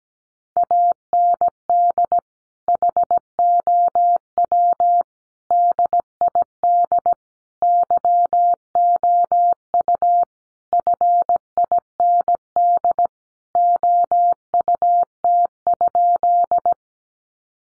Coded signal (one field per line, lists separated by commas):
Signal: Morse code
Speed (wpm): 17 wpm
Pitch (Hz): 700 Hz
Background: none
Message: AND HOW DID YOU FIND OUT?